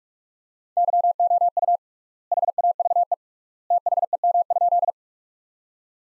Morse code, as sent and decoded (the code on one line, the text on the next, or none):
-.-- --- ..- / .... .- ...- . / - .... . -- ..--..
YOU HAVE THEM?